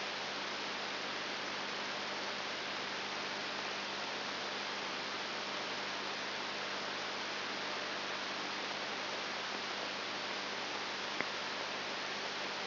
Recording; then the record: brain microelectrode recording played as sound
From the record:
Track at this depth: outside the subthalamic nucleus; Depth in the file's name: 6.5 mm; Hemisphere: left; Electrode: 3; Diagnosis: Parkinson's disease